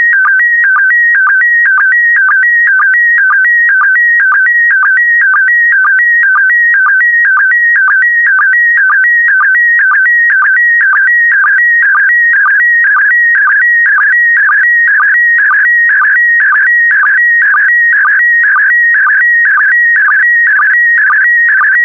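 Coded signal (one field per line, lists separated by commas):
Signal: SSTV (slow-scan television)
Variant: PD120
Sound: regular warbling tone alternating between two pitches, with short low blips twice a second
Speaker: transmission complete you can now check your decoded image against the picture that is shown on the video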